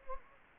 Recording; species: mosquito wingbeat signal from an infrared sensor; Anopheles gambiae